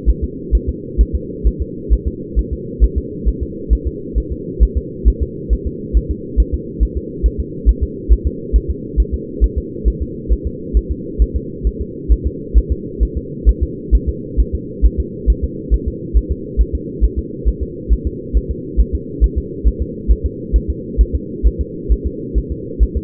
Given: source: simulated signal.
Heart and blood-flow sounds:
fetal heart sounds
0.10 s: S1
0.24 s: S2
0.55 s: S1
0.69 s: S2
1.01 s: S1
1.15 s: S2
1.47 s: S1
1.62 s: S2
1.93 s: S1
2.08 s: S2
2.39 s: S1
2.53 s: S2
2.84 s: S1
2.98 s: S2
3.28 s: S1
3.43 s: S2
3.73 s: S1
3.87 s: S2
4.18 s: S1
4.32 s: S2
4.63 s: S1
4.77 s: S2
5.08 s: S1
5.22 s: S2
5.53 s: S1
5.67 s: S2
5.97 s: S1
6.11 s: S2
6.40 s: S1
6.54 s: S2
6.83 s: S1
6.97 s: S2
7.26 s: S1
7.40 s: S2
7.69 s: S1
7.83 s: S2
8.12 s: S1
8.27 s: S2
8.56 s: S1
8.70 s: S2
9.00 s: S1
9.14 s: S2
9.44 s: S1
9.58 s: S2
9.88 s: S1
10.02 s: S2
10.32 s: S1
10.47 s: S2
10.77 s: S1
10.91 s: S2
11.22 s: S1
11.36 s: S2
11.67 s: S1
11.81 s: S2
12.12 s: S1
12.27 s: S2
12.58 s: S1
12.72 s: S2
13.03 s: S1
13.17 s: S2
13.49 s: S1
13.63 s: S2
13.95 s: S1
14.09 s: S2
14.40 s: S1
14.55 s: S2
14.86 s: S1
15.00 s: S2
15.30 s: S1
15.44 s: S2
15.74 s: S1
15.88 s: S2
16.17 s: S1
16.32 s: S2
16.61 s: S1
16.75 s: S2
17.04 s: S1
17.19 s: S2
17.48 s: S1
17.63 s: S2
17.93 s: S1
18.07 s: S2
18.37 s: S1
18.51 s: S2
18.80 s: S1
18.95 s: S2
19.24 s: S1
19.38 s: S2
19.67 s: S1
19.82 s: S2
20.11 s: S1
20.26 s: S2
20.56 s: S1
20.70 s: S2
21.01 s: S1
21.15 s: S2
21.47 s: S1
21.61 s: S2
21.92 s: S1
22.07 s: S2
22.38 s: S1
22.52 s: S2
22.83 s: S1
22.97 s: S2
From the record:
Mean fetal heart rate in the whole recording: 135 bpm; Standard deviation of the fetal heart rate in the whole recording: 3 bpm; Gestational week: 34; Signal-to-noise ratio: -4.1 dB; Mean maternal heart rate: no maternal heart sound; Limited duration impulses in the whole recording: absent

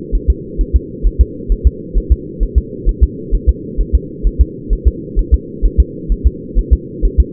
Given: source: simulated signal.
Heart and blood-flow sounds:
fetal heart sounds
0.15 s: S1
0.30 s: S2
0.61 s: S1
0.76 s: S2
1.07 s: S1
1.21 s: S2
1.52 s: S1
1.67 s: S2
1.98 s: S1
2.12 s: S2
2.43 s: S1
2.58 s: S2
2.89 s: S1
3.03 s: S2
3.35 s: S1
3.49 s: S2
3.81 s: S1
3.95 s: S2
4.27 s: S1
4.41 s: S2
4.73 s: S1
4.88 s: S2
5.19 s: S1
5.34 s: S2
5.66 s: S1
5.80 s: S2
6.12 s: S1
6.27 s: S2
6.59 s: S1
6.73 s: S2
7.05 s: S1
7.20 s: S2
From the record:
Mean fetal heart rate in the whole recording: 130 bpm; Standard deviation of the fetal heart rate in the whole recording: 2 bpm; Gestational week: 36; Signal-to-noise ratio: -4.1 dB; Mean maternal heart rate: no maternal heart sound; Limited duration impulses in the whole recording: absent

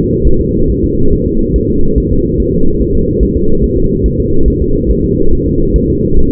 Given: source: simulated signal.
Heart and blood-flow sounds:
fetal heart sounds
0.27 s: S1
0.41 s: S2
0.70 s: S1
0.84 s: S2
1.13 s: S1
1.27 s: S2
1.56 s: S1
1.70 s: S2
1.98 s: S1
2.12 s: S2
2.40 s: S1
2.54 s: S2
2.81 s: S1
2.95 s: S2
3.23 s: S1
3.37 s: S2
3.64 s: S1
3.78 s: S2
4.06 s: S1
4.20 s: S2
4.48 s: S1
4.62 s: S2
4.91 s: S1
5.05 s: S2
5.33 s: S1
5.47 s: S2
5.76 s: S1
5.90 s: S2
6.19 s: S1
From the record:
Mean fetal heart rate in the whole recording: 140 bpm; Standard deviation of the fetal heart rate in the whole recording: 2 bpm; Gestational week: 34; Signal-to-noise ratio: -19.1 dB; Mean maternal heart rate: 72 bpm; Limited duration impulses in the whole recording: present

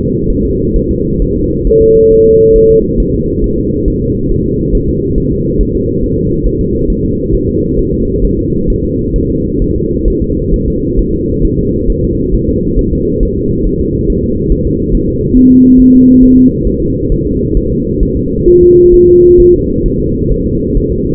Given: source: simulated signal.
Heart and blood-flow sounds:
fetal heart sounds
0.30 s: S1
0.45 s: S2
0.76 s: S1
0.91 s: S2
1.22 s: S1
1.37 s: S2
1.67 s: S1
1.82 s: S2
2.12 s: S1
2.26 s: S2
2.56 s: S1
2.71 s: S2
3.00 s: S1
3.15 s: S2
3.44 s: S1
3.58 s: S2
3.88 s: S1
4.02 s: S2
4.31 s: S1
4.46 s: S2
4.75 s: S1
4.89 s: S2
5.18 s: S1
5.32 s: S2
5.61 s: S1
5.75 s: S2
6.03 s: S1
6.18 s: S2
6.47 s: S1
6.61 s: S2
6.90 s: S1
7.05 s: S2
7.34 s: S1
7.49 s: S2
7.79 s: S1
7.94 s: S2
8.25 s: S1
8.39 s: S2
8.70 s: S1
8.85 s: S2
9.16 s: S1
9.30 s: S2
9.62 s: S1
9.76 s: S2
10.08 s: S1
10.22 s: S2
10.54 s: S1
10.68 s: S2
10.99 s: S1
11.14 s: S2
11.45 s: S1
11.59 s: S2
11.90 s: S1
12.04 s: S2
12.34 s: S1
12.49 s: S2
12.79 s: S1
12.93 s: S2
13.23 s: S1
13.37 s: S2
13.67 s: S1
13.81 s: S2
14.10 s: S1
14.24 s: S2
14.52 s: S1
14.67 s: S2
14.95 s: S1
15.09 s: S2
15.37 s: S1
15.51 s: S2
15.80 s: S1
15.94 s: S2
16.23 s: S1
16.38 s: S2
16.67 s: S1
16.82 s: S2
17.12 s: S1
17.27 s: S2
17.57 s: S1
17.72 s: S2
18.03 s: S1
18.17 s: S2
18.48 s: S1
18.63 s: S2
18.94 s: S1
19.08 s: S2
19.40 s: S1
19.54 s: S2
19.86 s: S1
20.00 s: S2
20.31 s: S1
20.46 s: S2
20.77 s: S1
20.92 s: S2
From the record:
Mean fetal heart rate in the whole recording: 135 bpm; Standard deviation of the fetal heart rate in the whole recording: 3 bpm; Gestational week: 36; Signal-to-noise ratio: -14.7 dB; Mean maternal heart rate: 72 bpm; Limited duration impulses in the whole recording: present

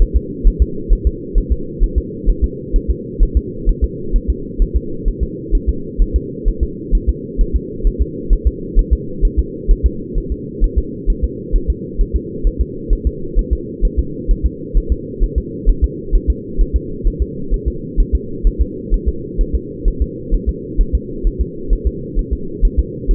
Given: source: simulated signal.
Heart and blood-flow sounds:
fetal heart sounds
0.02 s: S1
0.17 s: S2
0.48 s: S1
0.62 s: S2
0.93 s: S1
1.07 s: S2
1.38 s: S1
1.52 s: S2
1.84 s: S1
1.98 s: S2
2.30 s: S1
2.44 s: S2
2.76 s: S1
2.90 s: S2
3.23 s: S1
3.37 s: S2
3.69 s: S1
3.84 s: S2
4.16 s: S1
4.30 s: S2
4.62 s: S1
4.77 s: S2
5.08 s: S1
5.23 s: S2
5.55 s: S1
5.69 s: S2
6.02 s: S1
6.16 s: S2
6.48 s: S1
6.63 s: S2
6.95 s: S1
7.09 s: S2
7.41 s: S1
7.56 s: S2
7.87 s: S1
8.02 s: S2
8.33 s: S1
8.47 s: S2
8.79 s: S1
8.93 s: S2
9.25 s: S1
9.39 s: S2
9.71 s: S1
9.86 s: S2
10.18 s: S1
10.32 s: S2
10.64 s: S1
10.78 s: S2
11.10 s: S1
11.24 s: S2
11.56 s: S1
11.70 s: S2
12.01 s: S1
12.16 s: S2
12.47 s: S1
12.61 s: S2
12.93 s: S1
13.07 s: S2
13.39 s: S1
13.53 s: S2
13.85 s: S1
13.99 s: S2
14.31 s: S1
14.46 s: S2
14.77 s: S1
14.92 s: S2
15.24 s: S1
15.38 s: S2
15.70 s: S1
15.84 s: S2
16.15 s: S1
16.30 s: S2
16.61 s: S1
16.76 s: S2
17.08 s: S1
17.22 s: S2
17.54 s: S1
17.68 s: S2
18.00 s: S1
18.15 s: S2
18.47 s: S1
18.62 s: S2
18.94 s: S1
19.08 s: S2
19.41 s: S1
19.55 s: S2
19.88 s: S1
20.02 s: S2
20.35 s: S1
20.49 s: S2
20.81 s: S1
20.95 s: S2
21.27 s: S1
21.41 s: S2
21.73 s: S1
21.87 s: S2
22.19 s: S1
22.33 s: S2
22.65 s: S1
22.79 s: S2
23.11 s: S1
From the record:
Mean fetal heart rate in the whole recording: 130 bpm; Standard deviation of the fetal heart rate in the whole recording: 2 bpm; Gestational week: 38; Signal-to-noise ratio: -4.3 dB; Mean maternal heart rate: 72 bpm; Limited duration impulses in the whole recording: absent

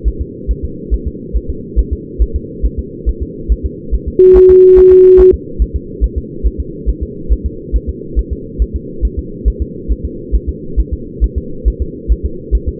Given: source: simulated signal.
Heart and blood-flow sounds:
fetal heart sounds
0.08 s: S1
0.22 s: S2
0.51 s: S1
0.65 s: S2
0.94 s: S1
1.08 s: S2
1.36 s: S1
1.50 s: S2
1.79 s: S1
1.93 s: S2
2.22 s: S1
2.36 s: S2
2.66 s: S1
2.79 s: S2
3.09 s: S1
3.23 s: S2
3.52 s: S1
3.66 s: S2
3.95 s: S1
4.08 s: S2
4.37 s: S1
4.51 s: S2
4.79 s: S1
4.93 s: S2
5.20 s: S1
5.34 s: S2
5.62 s: S1
5.76 s: S2
6.04 s: S1
6.18 s: S2
6.47 s: S1
6.60 s: S2
6.89 s: S1
7.03 s: S2
7.32 s: S1
7.46 s: S2
7.76 s: S1
7.90 s: S2
8.19 s: S1
8.33 s: S2
8.62 s: S1
8.76 s: S2
9.05 s: S1
9.19 s: S2
9.48 s: S1
9.62 s: S2
9.92 s: S1
10.05 s: S2
10.35 s: S1
10.49 s: S2
10.80 s: S1
10.93 s: S2
11.24 s: S1
11.38 s: S2
11.68 s: S1
11.82 s: S2
12.12 s: S1
12.26 s: S2
12.55 s: S1
12.69 s: S2
From the record:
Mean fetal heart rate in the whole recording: 140 bpm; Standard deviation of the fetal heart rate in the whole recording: 2 bpm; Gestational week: 34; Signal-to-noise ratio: -4.3 dB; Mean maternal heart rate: 72 bpm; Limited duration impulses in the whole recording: present

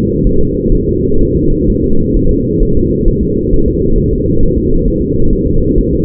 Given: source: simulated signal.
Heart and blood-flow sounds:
fetal heart sounds
0.27 s: S1
0.41 s: S2
0.75 s: S1
0.89 s: S2
1.22 s: S1
1.37 s: S2
1.70 s: S1
1.84 s: S2
2.17 s: S1
2.31 s: S2
2.63 s: S1
2.77 s: S2
3.08 s: S1
3.23 s: S2
3.54 s: S1
3.68 s: S2
3.98 s: S1
4.13 s: S2
4.43 s: S1
4.58 s: S2
4.88 s: S1
5.02 s: S2
5.33 s: S1
5.47 s: S2
5.78 s: S1
5.93 s: S2
From the record:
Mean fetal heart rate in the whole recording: 130 bpm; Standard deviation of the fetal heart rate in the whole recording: 4 bpm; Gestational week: 38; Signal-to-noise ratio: -17.7 dB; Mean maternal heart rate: 72 bpm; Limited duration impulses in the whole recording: present

